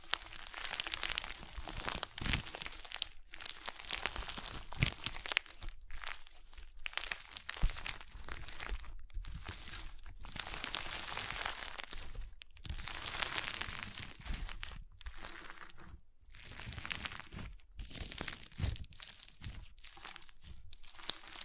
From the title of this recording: Crunchy Slime x Brain Scratching